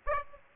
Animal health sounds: mosquito wingbeat signal from an infrared sensor; Aedes aegypti

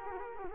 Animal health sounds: mosquito wingbeat signal from an infrared sensor; Culex quinquefasciatus

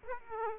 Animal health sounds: mosquito wingbeat signal from an infrared sensor; Aedes aegypti

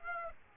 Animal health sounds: mosquito wingbeat signal from an infrared sensor; Aedes aegypti

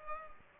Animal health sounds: mosquito wingbeat signal from an infrared sensor; Culex pipiens

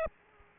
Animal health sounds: mosquito wingbeat signal from an infrared sensor; Aedes aegypti

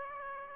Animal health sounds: mosquito wingbeat signal from an infrared sensor; Aedes aegypti

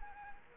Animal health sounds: mosquito wingbeat signal from an infrared sensor; Culex quinquefasciatus

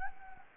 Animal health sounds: mosquito wingbeat signal from an infrared sensor; Anopheles gambiae

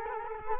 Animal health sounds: mosquito wingbeat signal from an infrared sensor; Culex quinquefasciatus

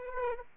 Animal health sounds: mosquito wingbeat signal from an infrared sensor; Aedes aegypti

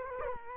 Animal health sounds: mosquito wingbeat signal from an infrared sensor; Culex quinquefasciatus

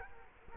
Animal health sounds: mosquito wingbeat signal from an infrared sensor; Culex quinquefasciatus

